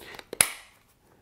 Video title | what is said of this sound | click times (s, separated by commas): RYOBI ONE+ OGS1822 Cordless Grass Shear & Shrubber Review | simply snaps into place like so and then | 0.4 s